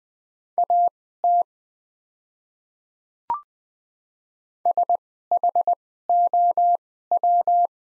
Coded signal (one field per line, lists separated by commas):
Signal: Morse code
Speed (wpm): 20 wpm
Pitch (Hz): 700 Hz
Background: none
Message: AT SHOW